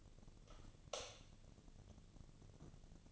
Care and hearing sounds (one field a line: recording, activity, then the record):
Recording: daily activity, microphone in the room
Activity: light off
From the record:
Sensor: 4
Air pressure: 1000.9 hPa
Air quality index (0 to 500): 125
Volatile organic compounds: 1 ppm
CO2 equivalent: 941 ppm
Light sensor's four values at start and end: 36/91/37/41 and 34/82/34/37